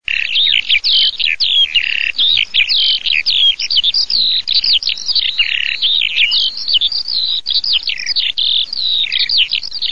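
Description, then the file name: Eurasian skylark song: a continuous, rapid outpouring of high warbled, trilling and chirping notes without pause throughout. "ALLODOLA"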